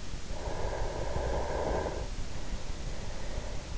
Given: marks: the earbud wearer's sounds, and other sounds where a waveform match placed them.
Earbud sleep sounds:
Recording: sounds in sleep by an in-ear microphone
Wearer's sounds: breath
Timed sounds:
0.23-3.78 s: breath

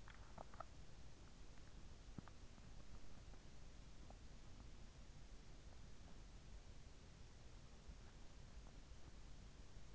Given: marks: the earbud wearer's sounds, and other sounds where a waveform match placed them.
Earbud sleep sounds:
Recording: sounds in sleep by an in-ear microphone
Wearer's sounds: swallowing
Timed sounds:
0.00-1.40 s: swallowing

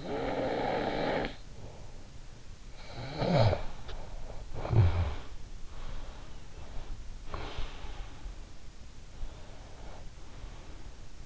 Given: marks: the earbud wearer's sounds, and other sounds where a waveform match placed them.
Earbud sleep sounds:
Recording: sounds in sleep by an in-ear microphone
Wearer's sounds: snoring breath, breath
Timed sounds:
0.00-1.76 s: snoring breath
2.80-5.29 s: snoring breath
5.47-8.14 s: breath
8.95-11.26 s: breath

